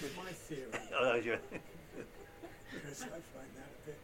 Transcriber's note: laughter